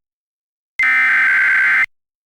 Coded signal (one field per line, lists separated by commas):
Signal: Emergency Alert System (SAME) tones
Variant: header bursts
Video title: EAS Fridays - First TOR-E In California